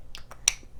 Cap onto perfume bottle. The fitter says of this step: you know going down your cap have a logo on the top kind of click into place